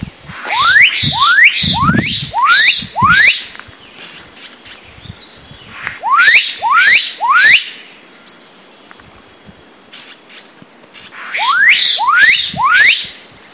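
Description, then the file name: Black-capped donacobius calling in bursts of four to six loud upswept whistles, with pauses between bursts, over a constant high-pitched insect hum. Recorded at Sertão, Mongaguá, São Paulo state, Brazil, on 27 December 2016. "Donacobius-atricapilla-Sertao Mongagua-SP-27-12-16-ASilveira"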